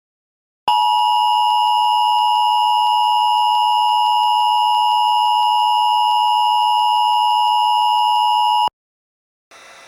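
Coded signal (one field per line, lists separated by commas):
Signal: Emergency Alert System (SAME) tones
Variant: 853 and 960 Hz attention tone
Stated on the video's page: Simulated EAS mock, a preview of a fictional supernova scenario.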